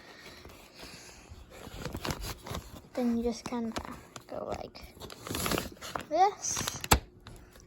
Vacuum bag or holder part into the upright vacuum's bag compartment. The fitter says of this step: we kind of lock into place right there